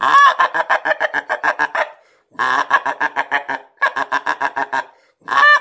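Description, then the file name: Greylag goose calls, harsh nasal cackling notes given in rapid runs of about ten, four bursts separated by short pauses. "серый-гусь"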